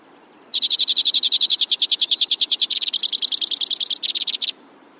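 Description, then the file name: White-winged crossbill song: a four-second rapid trill of buzzy notes, changing tone partway and ending with a short burst. "suara-kicauan-burung-white-winged-crossbill -omkicau"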